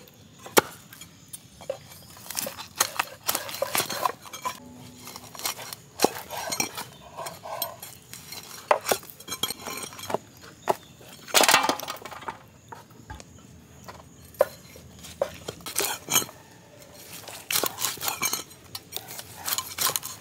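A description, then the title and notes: Lamb ribs being cooked for barbecue, with frequent sharp clinks and clatters of metal utensils and pans over a low, steady background hiss. Lamb Ribs BBQ Cooking In Village. We first grill the mutton bones to get the flavour of smoky.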